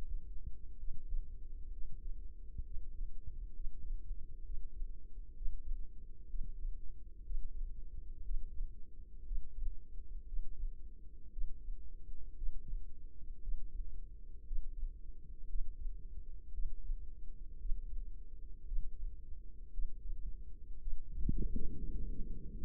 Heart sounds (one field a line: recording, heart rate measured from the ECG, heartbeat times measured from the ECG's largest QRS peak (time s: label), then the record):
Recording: heart sounds by microphone in the left ear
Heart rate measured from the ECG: 60 bpm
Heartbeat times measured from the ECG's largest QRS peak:
0.78 s: heartbeat
1.71 s: heartbeat
2.64 s: heartbeat
3.54 s: heartbeat
4.44 s: heartbeat
5.35 s: heartbeat
6.28 s: heartbeat
7.24 s: heartbeat
8.24 s: heartbeat
9.25 s: heartbeat
10.27 s: heartbeat
11.31 s: heartbeat
12.36 s: heartbeat
13.42 s: heartbeat
14.46 s: heartbeat
15.48 s: heartbeat
16.53 s: heartbeat
17.59 s: heartbeat
18.66 s: heartbeat
19.72 s: heartbeat
20.80 s: heartbeat
21.87 s: heartbeat
From the record:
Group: healthy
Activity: breath hold 0-21 s, rest 21-23 s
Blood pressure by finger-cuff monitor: 104/65 mmHg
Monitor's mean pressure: 74 mmHg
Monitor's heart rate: 59 bpm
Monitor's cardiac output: 4.7 L/min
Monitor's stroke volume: 79 mL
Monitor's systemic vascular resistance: 1110 dyn s/cm5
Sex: female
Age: 28 years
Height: 170 cm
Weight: 77 kg